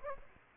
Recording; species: mosquito wingbeat signal from an infrared sensor; Aedes aegypti